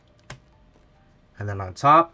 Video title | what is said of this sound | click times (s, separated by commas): O11 Vision Compact Build Complete Step-by-Step Guide on How To Build a Gaming PC 9800x3D + RTX 5080 | So starting with the bottom, I just apply pressure until I hear a nice click. | 0.3 s